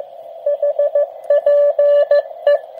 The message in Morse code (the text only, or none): HPE